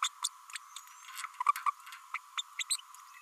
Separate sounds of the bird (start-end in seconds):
0.02-0.08, 0.23-0.28, 1.40-1.43, 1.48-1.51, 1.66-1.71, 2.14-2.18, 2.37-2.42, 2.58-2.63, 2.70-2.76